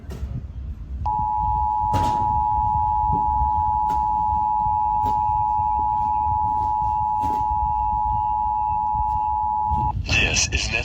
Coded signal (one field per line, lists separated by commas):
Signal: Emergency Alert System (SAME) tones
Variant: 853 and 960 Hz attention tone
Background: speech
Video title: [EAS #3039–#3040] Ventura County Required Monthly Test (7/02/24)